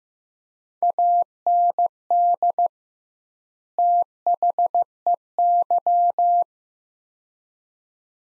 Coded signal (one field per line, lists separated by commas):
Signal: Morse code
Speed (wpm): 15 wpm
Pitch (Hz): 700 Hz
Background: none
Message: AND THEY